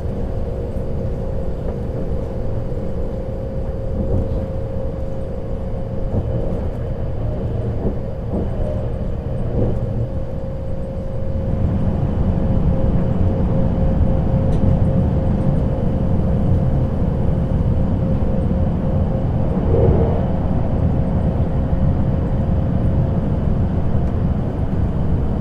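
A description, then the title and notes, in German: A night train ride: a steady low rumble with a constant hum, faint clicks early on, growing louder and rougher after eleven seconds. Zugfahrt in der Nacht.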